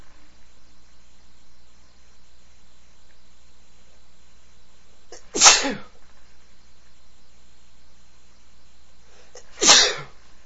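Three separate, sharp, hissing sneezes from an adult man, spaced several seconds apart, over a quiet background.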